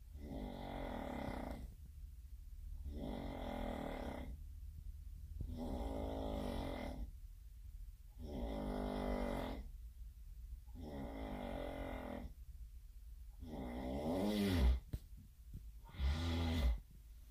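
Loud, rattling snores from an adult roommate repeat about every two seconds, roughly seven in all. Each is a rough, low, fluttering sound, with quiet gaps between them. The last two are shorter and harsher. This is typical snoring from vibration in the upper airway during sleep.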